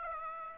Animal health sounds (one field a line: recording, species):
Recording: mosquito wingbeat signal from an infrared sensor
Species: Aedes aegypti